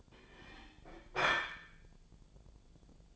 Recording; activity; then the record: daily activity, microphone in the room; place plate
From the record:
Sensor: 5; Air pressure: 1009.5 hPa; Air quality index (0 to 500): 168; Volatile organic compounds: 4 ppm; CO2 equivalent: 1627 ppm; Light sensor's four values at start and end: 97/258/105/111 and 97/258/105/111